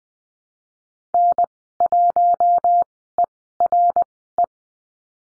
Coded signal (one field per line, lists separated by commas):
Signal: Morse code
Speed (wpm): 20 wpm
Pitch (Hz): 700 Hz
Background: none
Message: N1ERE